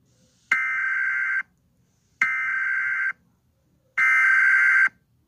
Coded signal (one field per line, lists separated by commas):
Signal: Emergency Alert System (SAME) tones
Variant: header bursts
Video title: A Thunderstorm? (EAS Scenario #1)